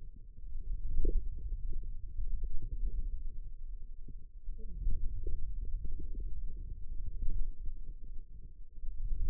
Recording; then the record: forearm muscle sounds (acoustic myography)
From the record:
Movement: hand closing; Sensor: system 2, bracelet of six BSWA MPA416 microphones around the upper forearm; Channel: 4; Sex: female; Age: 21 years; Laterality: right